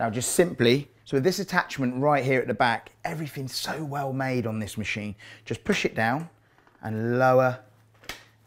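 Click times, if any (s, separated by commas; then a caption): 8.1 s. Someone talks while the tilting head of a stand mixer, with an attachment fitted at the back, is pushed down and lowered onto the base. A sharp, short click is heard at 8.1 s as the head latches and locks into place.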